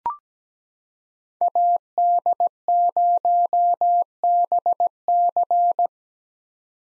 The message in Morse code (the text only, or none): AD0BC